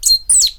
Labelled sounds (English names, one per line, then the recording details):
Stitchbird song
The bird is a male
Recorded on Tiritiri Matangi Island, New Zealand, in 2005
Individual 8, of nest box 10